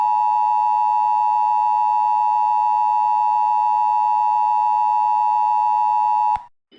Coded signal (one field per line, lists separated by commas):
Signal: Emergency Alert System (SAME) tones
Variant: 853 and 960 Hz attention tone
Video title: EAS Scenario: Covid-19 Riots (Reuploaded)